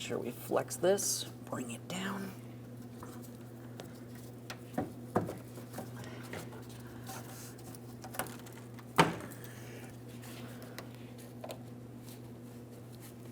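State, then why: Seated. While replacing the fuel pump module on a 2007-2014 GMC Sierra 2500 HD 6.0L V8, a fuel line with a two-ear line connector near the fuel tank is flexed, brought down and pressed into place as someone talks. A sharp click from each of its two locking tabs is heard at 5.2 s and 9.0 s, and the connector is seated.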